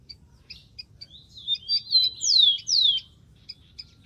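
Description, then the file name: Rufous-collared sparrow song: wavering whistled notes build to two bright falling slurs near the end, with soft high chips before and after. "canto do tico tico"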